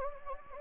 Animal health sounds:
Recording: mosquito wingbeat signal from an infrared sensor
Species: Anopheles gambiae

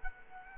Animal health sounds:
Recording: mosquito wingbeat signal from an infrared sensor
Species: Culex quinquefasciatus

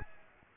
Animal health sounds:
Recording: mosquito wingbeat signal from an infrared sensor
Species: Aedes aegypti

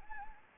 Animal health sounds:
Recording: mosquito wingbeat signal from an infrared sensor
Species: Anopheles gambiae

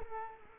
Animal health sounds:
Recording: mosquito wingbeat signal from an infrared sensor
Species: Culex quinquefasciatus

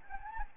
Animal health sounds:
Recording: mosquito wingbeat signal from an infrared sensor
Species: Anopheles gambiae

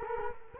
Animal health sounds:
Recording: mosquito wingbeat signal from an infrared sensor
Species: Culex quinquefasciatus

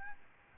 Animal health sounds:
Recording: mosquito wingbeat signal from an infrared sensor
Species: Aedes albopictus

